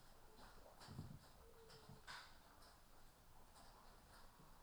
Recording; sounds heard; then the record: poultry house recording; healthy chickens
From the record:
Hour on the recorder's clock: 13